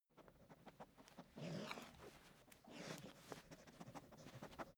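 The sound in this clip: Staffordshire Bull Terrier sniffing, quick soft nasal breaths and snuffles in a steady series, with a couple of longer huffs.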